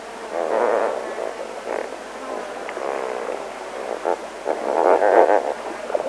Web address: lesser flamingo